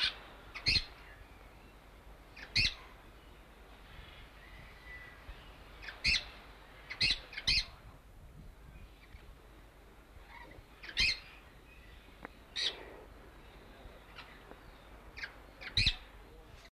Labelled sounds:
Dusky-headed Parakeet call

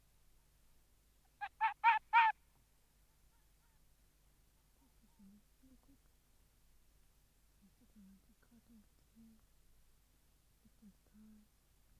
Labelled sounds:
Arctic Fox

